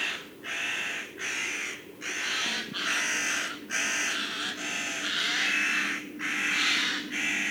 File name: Garrulus glandarius